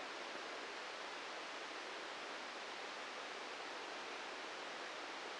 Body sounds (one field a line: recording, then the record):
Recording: brain microelectrode recording played as sound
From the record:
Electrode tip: inside the subthalamic nucleus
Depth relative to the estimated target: -1 mm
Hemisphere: right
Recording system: NeuroSet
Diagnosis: Parkinson's disease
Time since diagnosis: 13 years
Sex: male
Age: 65 years